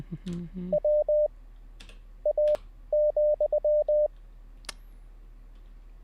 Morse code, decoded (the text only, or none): WA,